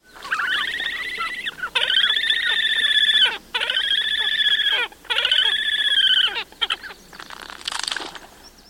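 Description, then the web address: Horned grebe giving long, squealing trilled calls in harmonic bursts of about one and a half seconds, each slightly rising then falling, repeated four times before shorter notes. "Thumbs Plus Zoo Field Guide Repository"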